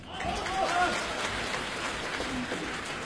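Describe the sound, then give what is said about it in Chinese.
An audience applauds steadily at a Beijing Weekend Crosstalk Club xiangsheng performance, a dense wash of many hands clapping at an even, moderate loudness for about three seconds, with faint voices mixed in underneath. “我希望掌声再热烈一点，这样我们的演员会很有劲儿的。”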